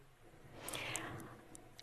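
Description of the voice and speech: Adult speaker with severe speech disorder: dysarthric speech that is hard to understand, yet it carries a unique vocal identity through residual vocal abilities.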